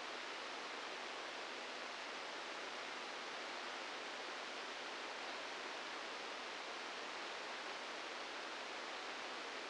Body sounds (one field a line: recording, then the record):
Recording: brain microelectrode recording played as sound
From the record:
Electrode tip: outside the subthalamic nucleus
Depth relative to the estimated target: 1 mm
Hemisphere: left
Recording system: NeuroSet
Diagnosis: Parkinson's disease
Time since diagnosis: 15 years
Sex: female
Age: 59 years